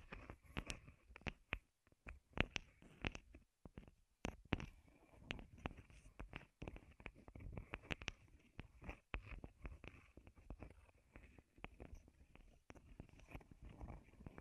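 Wooden tapping and clicking sound in quick, irregular bursts, sharp knocks coming several times a second with a few short pauses, one near the four-second mark. Between hits a faint, steady hiss stays in the background, and the taps vary in loudness throughout.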